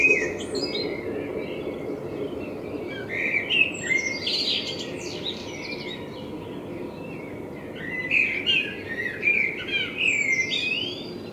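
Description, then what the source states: Common blackbird song, a warbled phrase with squeaky high flourishes near the start and another twittering phrase later, steady low hum beneath. Binaural recording with a self-built dummy head, in front of the recordist's window; intended for headphone listening.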